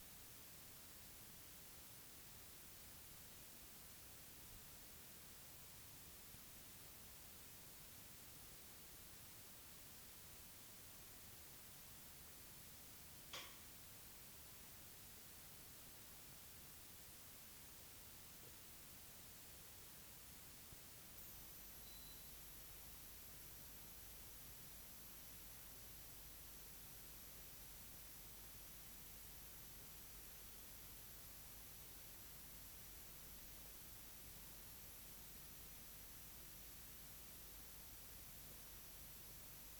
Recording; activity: daily activity, guitar pickup as the sensor; drink water